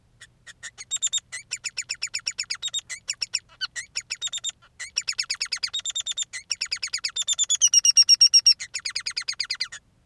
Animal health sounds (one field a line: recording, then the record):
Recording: song of a male Bengalese finch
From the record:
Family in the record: son of father 3